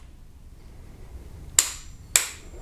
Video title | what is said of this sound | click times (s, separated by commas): HYUNDAI TUCSON SPARK PLUGS REPLACEMENT, SPARK PLUGS TORQUE, SPARK PLUGS GAP SPECS | now go ahead and when you hear the click you stop immediately so you don't over torque and damage it | 1.6 s